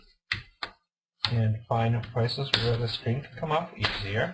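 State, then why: Released. Fingertips lift the plastic screen bezel on the display lid of a Dell Inspiron 14Z N411Z laptop outward, working around the screen to release its snap clips. Two sharp snaps are heard at 0.3 and 0.6 s, then someone talks. The bezel clips snap loose and the bezel comes free.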